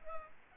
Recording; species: mosquito wingbeat signal from an infrared sensor; Culex pipiens